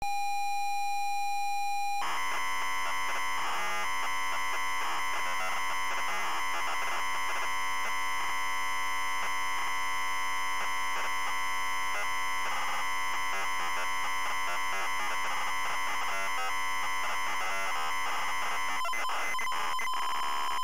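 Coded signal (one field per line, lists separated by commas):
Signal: ZX Spectrum tape loading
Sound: a steady buzzing lead tone for two seconds, then harsh rasping data noise continuing to the end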